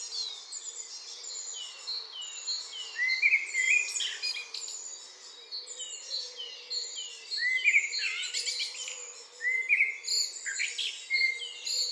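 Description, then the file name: Eurasian blackbird song: short fluted phrases returning every few seconds, with squeaky ends, over a continuous high chorus of other songbirds and a faint low hum. "Turdus merula"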